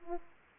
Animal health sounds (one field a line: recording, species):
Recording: mosquito wingbeat signal from an infrared sensor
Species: Aedes aegypti